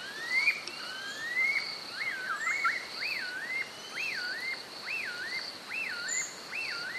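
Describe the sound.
Spotted puffbird giving a series of several thin, arched whistled notes, each rising then dropping, over a steady high insect drone.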